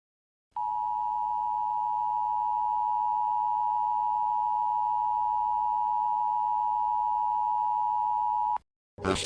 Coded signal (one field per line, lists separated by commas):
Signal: Emergency Alert System (SAME) tones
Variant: 853 and 960 Hz attention tone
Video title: Eas scenario the ultimate monster